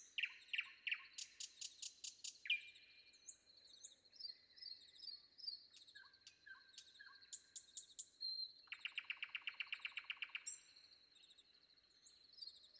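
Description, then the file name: Common nightingale song with rich variety: quick chirp series, clicking rattles, sliding whistles and a dense trilled burst, over a constant high faint tone. Common nightingale singing before dawn. "predawn nightingale"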